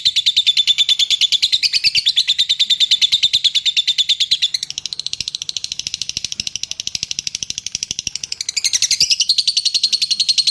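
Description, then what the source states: Bird song: a long, rapid stream of high chirps, softening in the middle and growing louder again near the end. Masteran training recording used to teach songbirds.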